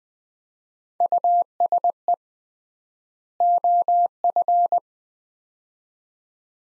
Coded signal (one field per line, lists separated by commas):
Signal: Morse code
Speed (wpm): 20 wpm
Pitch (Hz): 700 Hz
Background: none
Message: USE OF